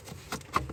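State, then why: Released. The locking collar on a Hyundai i10's engine control module wiring harness connector is opened and the plug is pulled out, with a sharp click at 0.6 s among softer knocks at about 0.3, 0.4 and 0.7 s. The connector is released, unlatched and off the module.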